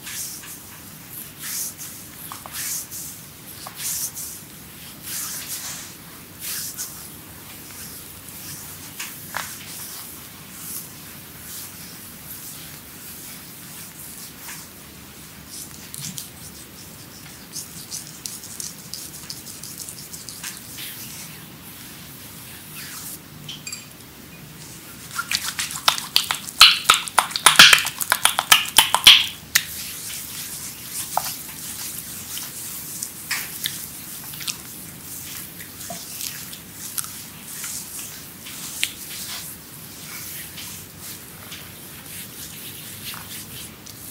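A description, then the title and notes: A full body massage, with soft rubbing, skin and cream sounds and scattered small clicks and taps. Around the 25 to 30 second mark the sounds grow busier and louder with sharp crinkly bursts before settling again. ASMR Creamy Full Body Massage by Adel.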